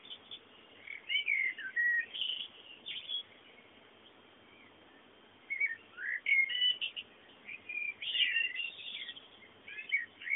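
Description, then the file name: Bird song in two lively phrases of twittering, warbled chirps separated by a quiet gap of a few seconds, over a low constant hiss. Background birdsong. "fondo pajaros"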